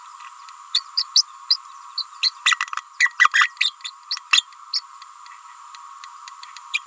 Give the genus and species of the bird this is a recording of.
Forpus passerinus